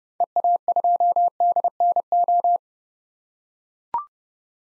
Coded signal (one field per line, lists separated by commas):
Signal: Morse code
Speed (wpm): 30 wpm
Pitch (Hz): 700 Hz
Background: none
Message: EA2DNO